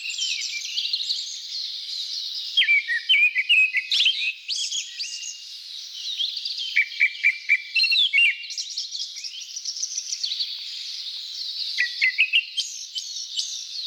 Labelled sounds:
Grey-backed Thrush (Turdus hortulorum) song
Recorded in the wild
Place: Kedrojawa Pad-Nationalpark, RU
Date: 1994-06-09
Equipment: Dat-Recorder Casio DA 7, Telinga DAT, Telinga-Parabolspiegel
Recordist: Schwarz, Dieter
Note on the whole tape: Song

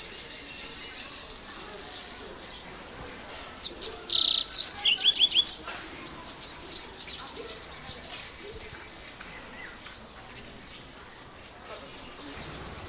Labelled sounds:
White-bellied Canary (Crithagra dorsostriata) song
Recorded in captivity
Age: adult
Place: Zoo Berlin, Berlin, DE
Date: 2001-08-14 14:59
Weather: sunny, ca. 26°C
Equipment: Marantz CP 130, Sennheiser MKH 416, Kopie Uher 4000 Report Monitor
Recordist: Tembrock, Günter

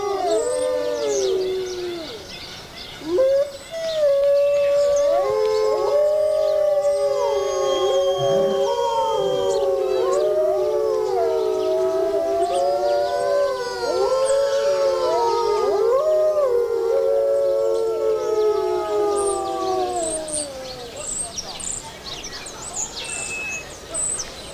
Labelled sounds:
Gray Wolf (Canis lupus) howling
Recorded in captivity
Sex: group
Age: adult
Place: Zoo Berlin, Berlin, DE
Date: 1986-02-07
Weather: sunny, -10°C
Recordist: Tembrock, Günter

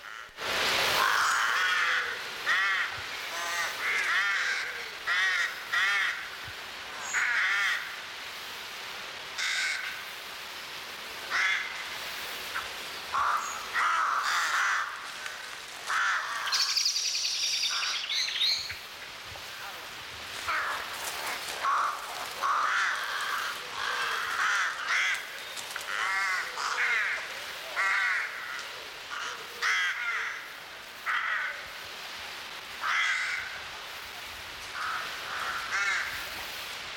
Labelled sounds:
Rook (Corvus frugilegus) call
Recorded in the wild
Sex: group
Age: adult
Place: Kühlungsborn, Mecklenburg-Vorpommern, DE
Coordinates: 54.15, 11.75
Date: 1984-03-28 17:32
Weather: sunny, 12°C
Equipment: Nagra SN, Sennheiser MKH 416 T, Kopie Uher 4000 Report Monitor
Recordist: Tembrock, Günter

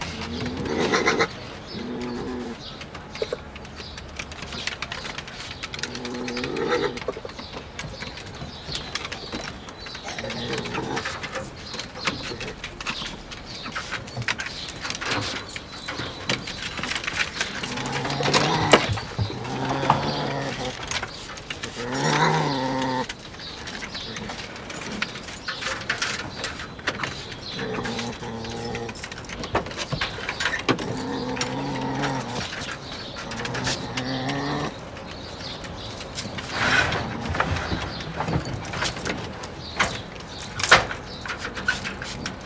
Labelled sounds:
Yellow-throated Marten (Martes flavigula)
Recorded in captivity
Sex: pair
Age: adult
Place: Tierpark Berlin, Berlin, DE
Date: 1981-04-18
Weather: sunny, 1-6 °C
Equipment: Nagra SN, Kopie Uher 4200
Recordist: Tembrock, Günter

